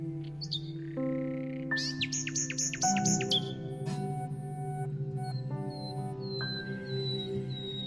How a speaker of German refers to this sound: Das Liebeswerben der Nachtigallen